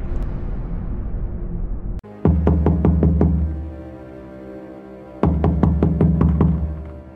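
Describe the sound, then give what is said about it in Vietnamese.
An angry father bangs frantically on his daughter's bedroom door: a quick burst of about seven heavy, booming thumps, a brief pause, then another rapid volley of loud blows over a low rumble. “Tiếp theo là tiếng đập cửa phòng dồn dập.”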